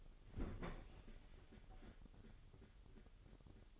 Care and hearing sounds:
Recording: daily activity, microphone in the room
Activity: open fridge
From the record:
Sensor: 4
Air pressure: 989.2 hPa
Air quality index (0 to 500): 224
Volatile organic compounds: 84 ppm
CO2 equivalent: 3636 ppm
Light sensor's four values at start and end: 27/95/35/37 and 27/93/34/36

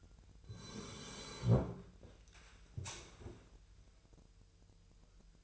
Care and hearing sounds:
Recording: daily activity, microphone in the room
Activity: sit down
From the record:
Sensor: 2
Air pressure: 1001.8 hPa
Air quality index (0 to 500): 240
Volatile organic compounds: 72 ppm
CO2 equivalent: 3540 ppm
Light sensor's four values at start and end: 6/15/6/7 and 8/20/8/9

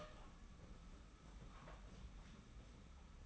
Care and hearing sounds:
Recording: daily activity, microphone in the room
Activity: open door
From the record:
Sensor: 1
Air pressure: 991.6 hPa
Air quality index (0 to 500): 126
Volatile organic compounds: 302 ppm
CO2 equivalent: 4485 ppm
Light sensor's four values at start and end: 33/108/42/43 and 33/108/42/43

